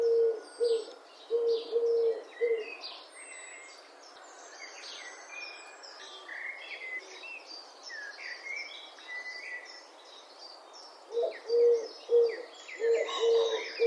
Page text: Голоса птиц - Горлица кольчатая